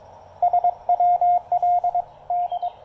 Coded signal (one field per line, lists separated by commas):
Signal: Morse code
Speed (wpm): 19 wpm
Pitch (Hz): 700 Hz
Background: radio noise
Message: SWL D